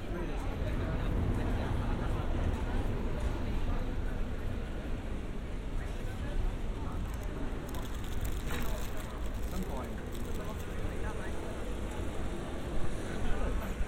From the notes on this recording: on a bench near a bookstore